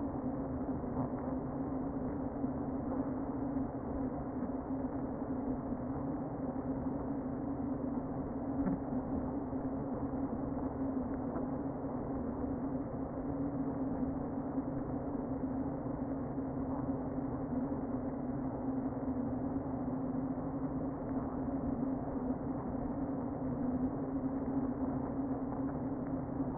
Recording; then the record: honeybee colony, microphone inside the hive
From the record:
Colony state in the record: queen present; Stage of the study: before two queens were removed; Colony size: about 60,000 bees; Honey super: yes